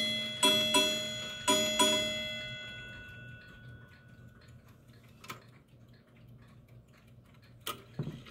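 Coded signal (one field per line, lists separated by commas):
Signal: ship's bell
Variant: Chelsea ship's bell clock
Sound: four clear bell chimes struck in two pairs, ringing out, then faint clock ticking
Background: room clicks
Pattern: 2-2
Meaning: Two pairs of strikes mark two bells of the watch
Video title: CHELSEA 3/4 SHIPS BELL BANJO CLOCK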